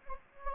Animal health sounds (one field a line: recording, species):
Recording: mosquito wingbeat signal from an infrared sensor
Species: Anopheles gambiae